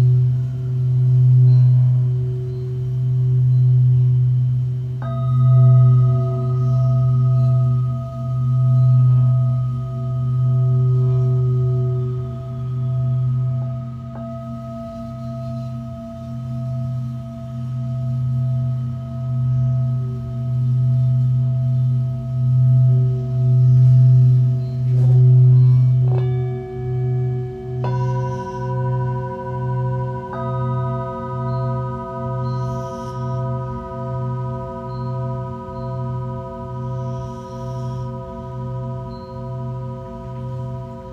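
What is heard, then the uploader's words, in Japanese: Singing bowls hum with a deep pulsing drone, while higher bowl tones enter around five, twenty-six and twenty-eight seconds, ringing steadily together. シンギングボウルのサウンドヒーリング。チベタンシンギングボウル。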